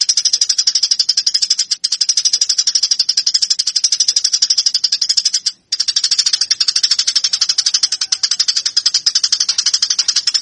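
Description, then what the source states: Eurasian tree sparrow giving steady, rapid, scratchy chirps, almost without a break across the whole stretch. Fighting call of a cage sparrow, used as master training audio for cage birds.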